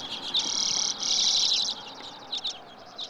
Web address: BIRD NOTE. Common Redpoll